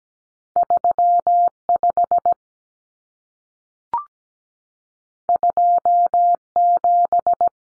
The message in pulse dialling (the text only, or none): none